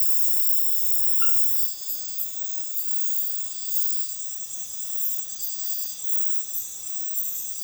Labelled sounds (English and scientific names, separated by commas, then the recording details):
none
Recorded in dense forest near Puerto Asís, Putumayo, Colombia, on 18 February 2024 at 02:30
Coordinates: 0.505, -76.324
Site G6467